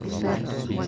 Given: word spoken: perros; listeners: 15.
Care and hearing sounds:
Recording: one Spanish word in noise, from a listening test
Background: eight-talker babble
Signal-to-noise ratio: -0.9 dB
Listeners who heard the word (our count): 3 of 15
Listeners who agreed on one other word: 6 of 15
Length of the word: 0.47 s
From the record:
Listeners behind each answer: 6, 3, 1, 1, 1, 1, 1, 1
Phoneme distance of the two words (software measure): 7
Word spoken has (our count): 2 syllables, 5 phonemes, stress on syllable 1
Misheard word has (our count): 2 syllables, 4 phonemes, stress on syllable 1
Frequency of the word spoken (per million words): 30.12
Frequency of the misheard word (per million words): 44.48

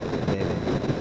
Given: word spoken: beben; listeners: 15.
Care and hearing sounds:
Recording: one Spanish word in noise, from a listening test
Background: noise modulated by three-talker babble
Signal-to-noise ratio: -6.7 dB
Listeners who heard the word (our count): 0 of 15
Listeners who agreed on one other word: 7 of 15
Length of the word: 0.61 s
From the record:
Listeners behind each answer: 7, 1, 1, 1, 1, 1, 1, 1, 1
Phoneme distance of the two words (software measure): 10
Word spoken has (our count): 2 syllables, 5 phonemes, stress on syllable 1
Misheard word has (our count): 2 syllables, 5 phonemes, stress on syllable 1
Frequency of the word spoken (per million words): 3.85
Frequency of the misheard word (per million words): 183.58

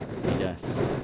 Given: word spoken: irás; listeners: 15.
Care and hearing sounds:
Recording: one Spanish word in noise, from a listening test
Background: noise modulated by three-talker babble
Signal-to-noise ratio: -6.3 dB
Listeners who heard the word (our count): 3 of 15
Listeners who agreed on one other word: 8 of 15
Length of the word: 0.64 s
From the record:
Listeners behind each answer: 8, 3, 1, 1, 1, 1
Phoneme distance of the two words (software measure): 7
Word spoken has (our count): 2 syllables, 4 phonemes, stress on syllable 2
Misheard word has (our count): 2 syllables, 5 phonemes, stress on syllable 2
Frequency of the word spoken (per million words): 2.47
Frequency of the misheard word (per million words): 3.38

